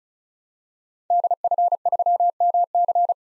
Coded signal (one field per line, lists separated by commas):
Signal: Morse code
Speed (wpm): 36 wpm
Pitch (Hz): 700 Hz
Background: none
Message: DF3MC